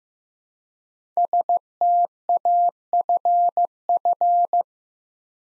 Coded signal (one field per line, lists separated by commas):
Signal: Morse code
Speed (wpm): 15 wpm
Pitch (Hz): 700 Hz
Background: none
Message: STAFF